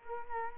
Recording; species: mosquito wingbeat signal from an infrared sensor; Culex quinquefasciatus